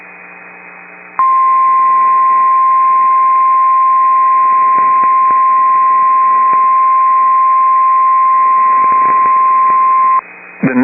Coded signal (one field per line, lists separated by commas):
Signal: Emergency Alert System (SAME) tones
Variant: 1050 Hz attention tone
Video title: Tornado Warning (9/14/25) [EAS #311]